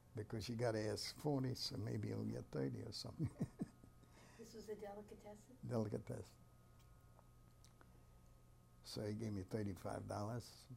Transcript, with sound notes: because you got to ask forty so maybe you'll get thirty or something. [Chuckles]
This is a delicatessen?
Delicatessen. So he gave me thirty-five dollars.